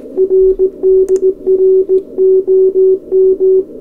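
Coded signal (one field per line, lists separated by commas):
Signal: Morse code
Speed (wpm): 17 wpm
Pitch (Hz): 380 Hz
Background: radio noise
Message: RD ROM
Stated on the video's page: Sent on a homemade hacksaw blade Morse paddle, Mark II, during live QSOs.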